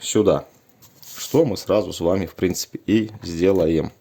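An active-antenna power connector is held up to the wiring harness socket of a 9-inch NUNOO T9 4/64 GSM car radio with 360-degree view while someone talks, with a brief soft handling sound near 1.0 s. The connector is only being handled here, and nothing has seated or clicked yet.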